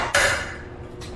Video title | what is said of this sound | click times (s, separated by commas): Product Review: DREO Air Conditioner Window Unit | they snap in place there and these just pull and | 0.1 s